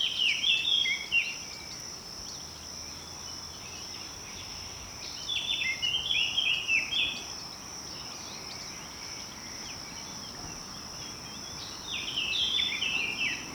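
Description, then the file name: Eurasian blackcap song: three short chattering, warbled phrases spaced several seconds apart, with a continuous shrill insect drone underneath. "Sylvia atricapilla"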